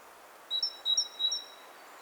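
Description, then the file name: Great tit giving three brief two-note whistled pairs, rather faint above a steady background hiss. "Parus major"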